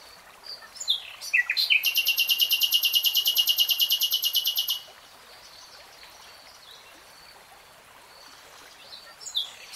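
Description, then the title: Nightingale song: short sharp chirps, then a loud rapid trill of identical notes lasting about three seconds, a long quiet pause, and a few more chirps. Singing, from a three-hour real-time recording. "[Tiếng chim hót] 3 Hours REALTIME Nightingale Singing"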